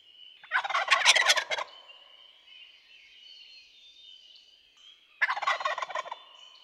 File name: Wild Turkey